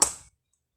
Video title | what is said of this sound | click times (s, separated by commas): Creating Cards With Debbie - Facebook Live Replay - 8/31/21 | put the lid on all the way so when you put the lid on you want to make sure that you hear that that click and that means that it's closed all the way | 0.0 s